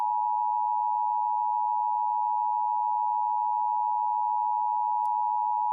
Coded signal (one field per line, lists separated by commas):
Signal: Emergency Alert System (SAME) tones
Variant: 853 and 960 Hz attention tone